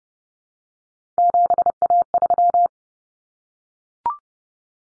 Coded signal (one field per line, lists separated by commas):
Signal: Morse code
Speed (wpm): 30 wpm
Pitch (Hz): 700 Hz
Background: none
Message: 7A3